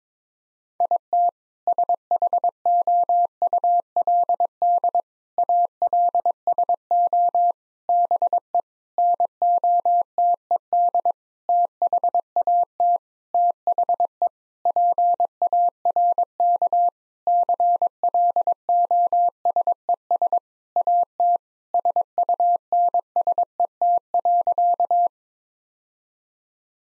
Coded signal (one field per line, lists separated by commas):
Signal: Morse code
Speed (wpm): 22 wpm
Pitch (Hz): 700 Hz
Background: none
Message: IT SHOULD ALSO BE NOTED THAT THE PARK CLOSES AT SUNSET.